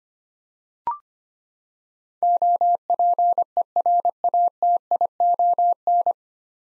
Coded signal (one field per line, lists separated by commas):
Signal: Morse code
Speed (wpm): 25 wpm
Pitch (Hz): 700 Hz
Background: none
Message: OPERATION